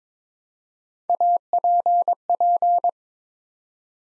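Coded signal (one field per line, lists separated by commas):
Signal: Morse code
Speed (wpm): 22 wpm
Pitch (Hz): 700 Hz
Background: none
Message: APP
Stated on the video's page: 22 wpm Morse drill building three-letter words one letter at a time.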